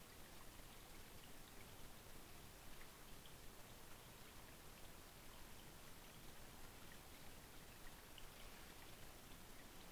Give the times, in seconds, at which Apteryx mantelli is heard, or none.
none